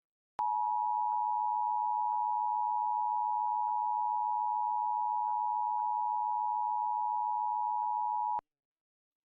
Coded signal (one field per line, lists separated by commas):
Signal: Emergency Alert System (SAME) tones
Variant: 853 and 960 Hz attention tone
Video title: Los Angeles Required Monthly Test (EAS #633-678) 7/25/23